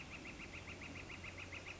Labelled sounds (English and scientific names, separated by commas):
Northern Flicker (Colaptes auratus)